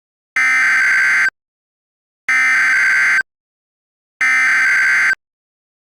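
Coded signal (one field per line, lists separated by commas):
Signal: Emergency Alert System (SAME) tones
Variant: header bursts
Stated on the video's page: Fictional EAS scenario, remastered, not a real alert.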